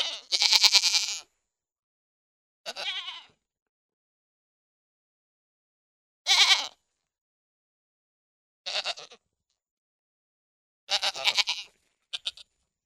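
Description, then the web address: Pygmy goat bleats, high wavering cries in short bursts of about a second or less, several with silent gaps between. "Goats -Pigmy"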